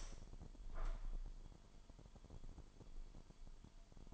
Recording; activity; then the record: daily activity, microphone in the room; open window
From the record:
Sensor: 5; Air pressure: 998.0 hPa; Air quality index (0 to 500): 98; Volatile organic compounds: 2 ppm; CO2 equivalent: 1122 ppm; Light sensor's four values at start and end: 27/65/27/29 and 27/65/27/29